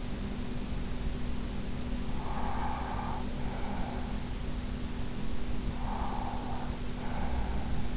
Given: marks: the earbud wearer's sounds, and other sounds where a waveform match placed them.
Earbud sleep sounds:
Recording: sounds in sleep by an in-ear microphone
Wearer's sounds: breath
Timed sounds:
1.83-4.42 s: breath
5.71-7.97 s: breath

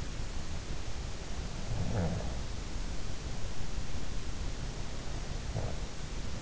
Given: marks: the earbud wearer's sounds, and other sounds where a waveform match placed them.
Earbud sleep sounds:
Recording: sounds in sleep by an in-ear microphone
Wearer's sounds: snoring breath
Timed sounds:
1.52-2.47 s: snoring breath
5.45-5.96 s: snoring breath

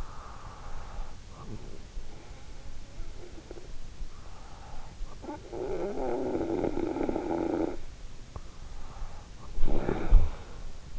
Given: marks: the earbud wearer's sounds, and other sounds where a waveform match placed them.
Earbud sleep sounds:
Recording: sounds in sleep by an in-ear microphone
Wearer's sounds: breath, snoring breath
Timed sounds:
0.00-2.83 s: breath
4.82-8.42 s: snoring breath
9.16-10.99 s: snoring breath

